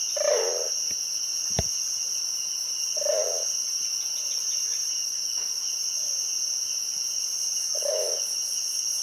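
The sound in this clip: Great blue turaco giving deep, throaty bursts spaced a few seconds apart, over a constant high, shrill wall of insect trilling.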